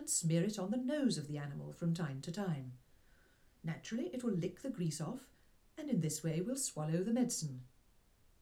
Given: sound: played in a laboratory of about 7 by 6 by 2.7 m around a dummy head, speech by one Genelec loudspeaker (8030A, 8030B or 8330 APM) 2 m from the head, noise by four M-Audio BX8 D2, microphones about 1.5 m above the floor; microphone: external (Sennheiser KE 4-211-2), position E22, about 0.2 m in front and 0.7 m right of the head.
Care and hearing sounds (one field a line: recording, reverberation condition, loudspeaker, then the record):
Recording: female speech in English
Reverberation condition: low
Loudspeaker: 30 degrees to the right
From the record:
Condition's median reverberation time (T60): about 310 ms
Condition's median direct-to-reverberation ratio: about 3.5 dB